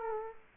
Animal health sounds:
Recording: mosquito wingbeat signal from an infrared sensor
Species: Culex quinquefasciatus

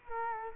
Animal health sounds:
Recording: mosquito wingbeat signal from an infrared sensor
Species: Culex quinquefasciatus

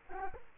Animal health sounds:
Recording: mosquito wingbeat signal from an infrared sensor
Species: Culex quinquefasciatus

